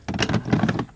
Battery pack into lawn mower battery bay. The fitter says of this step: slide it onto you, hear it click.